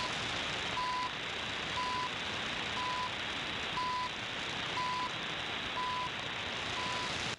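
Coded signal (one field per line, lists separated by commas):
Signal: radio time signal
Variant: CHU Canada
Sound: seven short 1 kHz ticks, one per second, over loud hiss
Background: radio static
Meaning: Each tick marks one second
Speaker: one of the stations that you can be chasing wherever you are it's of course the Canadian time signal station Chu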